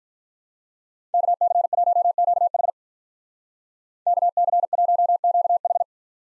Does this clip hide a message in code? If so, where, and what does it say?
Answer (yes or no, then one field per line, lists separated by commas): yes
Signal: Morse code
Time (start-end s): 1.1-5.8 s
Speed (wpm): 45 wpm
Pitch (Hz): 700 Hz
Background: none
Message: KC1QH KC1QH